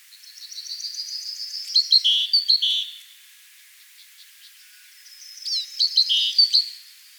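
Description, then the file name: Great tit calls: a thin series of high chirps followed by several harsh buzzy notes, the call repeated after a pause. "Parus major"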